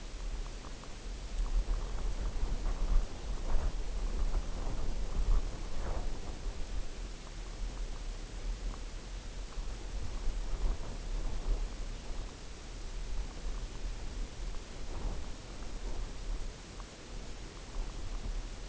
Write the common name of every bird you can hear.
none